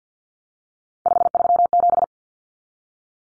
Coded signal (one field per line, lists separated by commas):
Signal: Morse code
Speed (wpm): 50 wpm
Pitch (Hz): 700 Hz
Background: none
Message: 537